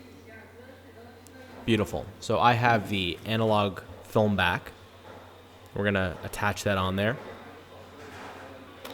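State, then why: Seated. A man talks as an analog film back is attached to a Contax 645 medium format camera body. The back snaps into place on the camera body with a click at 8.8 s.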